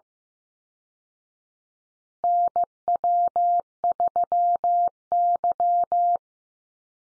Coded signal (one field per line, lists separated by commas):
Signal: Morse code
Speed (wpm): 15 wpm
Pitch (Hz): 700 Hz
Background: none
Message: NW3Y